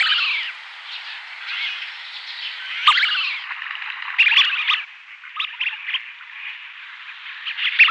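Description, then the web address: Tufted duck calls: continuous overlapping chatter of several birds, with short rising and falling notes. Males. "Schulze Peter Tufted Duck males"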